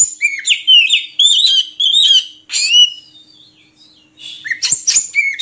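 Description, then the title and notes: Oriental magpie-robin song of rapid varied whistled notes and buzzy trills, a quieter stretch, then harsh scratchy notes and a final whistle. Long-duration magpie-robin (kacer) song used as training material (isian) to get birds singing actively (gacor) day and night. "Kacer Jadi Gacor Siang Malam. Isian Kacer Durasi Panjang"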